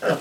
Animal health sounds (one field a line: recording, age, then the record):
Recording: pig call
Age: piglet (1 to 25 days)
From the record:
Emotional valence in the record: positive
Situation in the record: huddling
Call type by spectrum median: low-frequency call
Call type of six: low-frequency tonal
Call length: 0.20 s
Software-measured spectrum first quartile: 470 Hz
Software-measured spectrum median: 684 Hz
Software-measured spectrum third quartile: 1551 Hz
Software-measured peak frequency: 507 Hz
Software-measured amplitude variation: 131 dB a second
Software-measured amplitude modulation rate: 7.4 a second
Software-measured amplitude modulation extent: 17.6 dB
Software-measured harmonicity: 1.8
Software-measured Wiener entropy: -1.16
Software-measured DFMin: 811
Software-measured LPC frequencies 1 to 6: 553, 1493, 2824, 5201, 6265, 7720 Hz